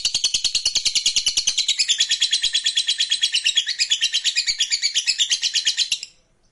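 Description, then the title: Lovebird pouring out a rapid, rattling high trill of quick even pulses that runs about six seconds and then stops abruptly. Lovebird described as lazy to sing, becoming eager and spontaneously going straight into narik singing. "LOVEBIRD Malas Bunyi JADI GREGET SPONTAN Langsung NARIK"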